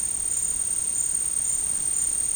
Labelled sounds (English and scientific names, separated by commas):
none